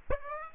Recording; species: mosquito wingbeat signal from an infrared sensor; Aedes aegypti